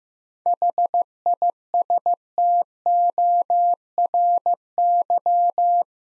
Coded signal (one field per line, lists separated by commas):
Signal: Morse code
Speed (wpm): 15 wpm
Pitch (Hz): 700 Hz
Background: none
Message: HISTORY